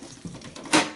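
A hard drive / optical drive cage is pushed into a Compaq Presario SR5250NX desktop PC chassis and latches into place. Soft handling noises lead to a small knock at 0.6 s, then a sharp, bright click at 0.7 s. The cage is seated properly.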